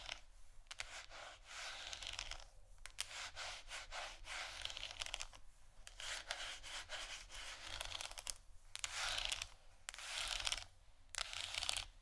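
Scratching on canisters makes a dense, bright, raspy texture that runs almost continuously, broken by brief pauses near 1, 2.5, 5.5, 8.5 and 11 seconds. Quick sharp clicks are scattered through it, and the scratching grows a little louder toward the end.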